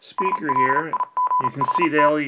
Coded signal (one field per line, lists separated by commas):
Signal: Morse code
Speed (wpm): 36 wpm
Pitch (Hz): 1000 Hz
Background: speech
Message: SLIGHT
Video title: Using Adafruit's Mic Amp to copy CW on Arduino